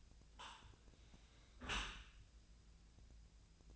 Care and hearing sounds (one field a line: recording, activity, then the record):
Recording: daily activity, microphone in the room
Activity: close dishwasher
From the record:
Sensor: 2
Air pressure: 1000.4 hPa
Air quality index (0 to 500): 162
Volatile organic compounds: 3 ppm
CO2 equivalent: 1348 ppm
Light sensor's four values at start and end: 13/35/14/16 and 13/35/14/16